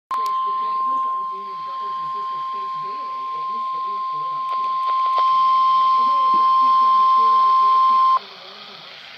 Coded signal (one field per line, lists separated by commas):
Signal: Emergency Alert System (SAME) tones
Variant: 1050 Hz attention tone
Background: speech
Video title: Severe Thunderstorm Warning (EAS#54)